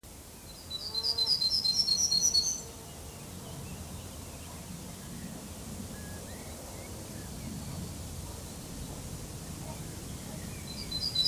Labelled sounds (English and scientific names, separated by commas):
Yellowhammer (Emberiza citrinella) song